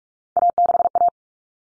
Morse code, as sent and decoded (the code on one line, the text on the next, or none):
.- -.... .-
A6A